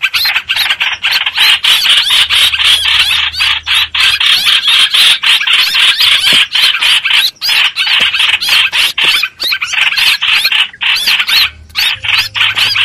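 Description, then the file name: Streak-eared bulbul uttering insistent harsh chatter, rapid notes running on continuously with a few short gaps. Distress call, given while calling the flock. "Tieng chim trao trao keu cuu goi bay"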